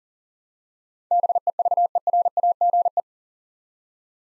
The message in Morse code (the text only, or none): BEVERAGE